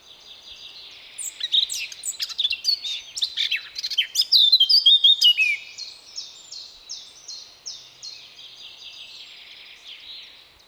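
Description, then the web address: Eurasian blackcap warbling rapidly, then a loud fluted flourish and a series of repeated clear notes that gradually fade away. "SETE Sylvia atricapilla"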